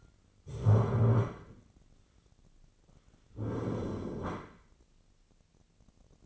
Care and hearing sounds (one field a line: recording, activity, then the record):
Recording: daily activity, microphone in the room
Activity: stand up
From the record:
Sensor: 4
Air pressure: 1010.0 hPa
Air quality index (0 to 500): 196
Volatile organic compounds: 3 ppm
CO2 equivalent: 1406 ppm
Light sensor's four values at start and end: 39/96/40/43 and 39/95/39/43